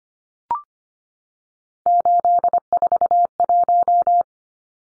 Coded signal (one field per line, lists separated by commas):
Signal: Morse code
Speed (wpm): 25 wpm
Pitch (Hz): 700 Hz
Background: none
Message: 841